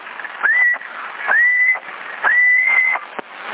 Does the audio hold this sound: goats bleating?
no